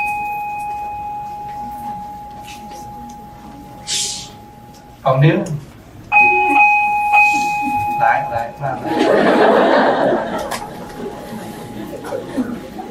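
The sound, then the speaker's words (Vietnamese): A Vietnamese communal house (đình) bell, not a pagoda bell, hums with a steady, sustained ringing tone, fades, then is struck again and rings on while people chatter and talk over it. “chuông này là chuông của đình, không phải chuông chùa.”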